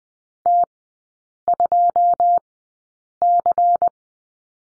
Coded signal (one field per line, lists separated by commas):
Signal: Morse code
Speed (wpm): 20 wpm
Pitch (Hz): 700 Hz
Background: none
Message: T2C